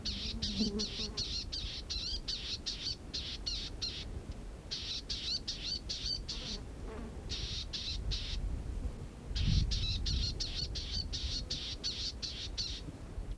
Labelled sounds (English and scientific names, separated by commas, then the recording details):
Palestine Sunbird (Cinnyris osea) call
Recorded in the wild
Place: IL
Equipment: Halbspur, 9,5 cm/s
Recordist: Lütgens, Hans
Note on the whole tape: Rufe